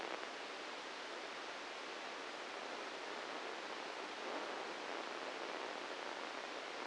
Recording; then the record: brain microelectrode recording played as sound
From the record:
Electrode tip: inside the subthalamic nucleus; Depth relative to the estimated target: 1 mm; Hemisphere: right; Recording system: NeuroSet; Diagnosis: Parkinson's disease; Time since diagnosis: 7 years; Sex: male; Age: 44 years